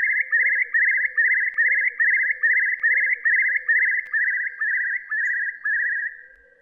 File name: gajahan besar